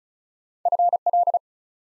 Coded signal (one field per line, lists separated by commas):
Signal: Morse code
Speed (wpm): 36 wpm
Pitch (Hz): 700 Hz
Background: none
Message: FL